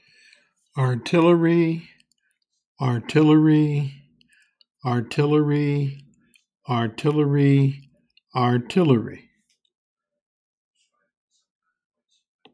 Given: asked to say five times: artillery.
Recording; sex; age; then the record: repeated word; male; 70 to 79 years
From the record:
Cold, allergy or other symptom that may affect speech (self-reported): no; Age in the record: 73 years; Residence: Virginia, United States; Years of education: 16